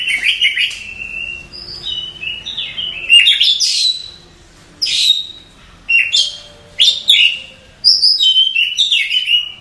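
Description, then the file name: Oriental magpie-robin song: varied loud whistled phrases, slurred and rising notes mixed with sharp chattering bursts, delivered in rapid sequence with brief pauses. Masteran training audio for cage birds. "masteran kacer"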